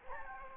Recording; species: mosquito wingbeat signal from an infrared sensor; Anopheles gambiae